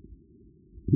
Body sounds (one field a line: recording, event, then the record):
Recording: neck accelerometer signal played as sound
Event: no cough (speech, laughter, throat clearing or background)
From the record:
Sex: male